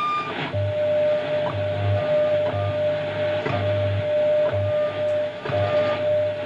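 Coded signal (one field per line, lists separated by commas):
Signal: radio time signal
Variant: WWVH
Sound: steady mid tone broken by a short tick each second, low hum pulses underneath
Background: radio static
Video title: National Institute of Standards and Technology Time WWVH Hawaii 15 Mhz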